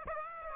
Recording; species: mosquito wingbeat signal from an infrared sensor; Aedes aegypti